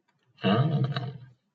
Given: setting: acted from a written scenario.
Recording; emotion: vocal sound without words; interest